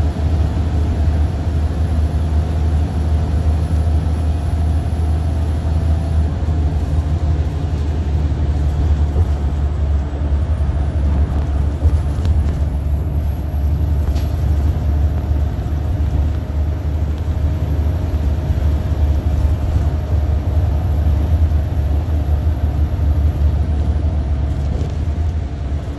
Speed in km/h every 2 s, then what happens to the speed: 93, 95, 95, 89, 85, 85, 89, 89, 92, 89, 89, 85, 79.
4-9 slows to 85. 9-15 speeds up to 92. 15-21 steady at about 89. 21-26 slows to 79.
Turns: none.